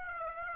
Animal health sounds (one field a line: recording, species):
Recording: mosquito wingbeat signal from an infrared sensor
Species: Aedes aegypti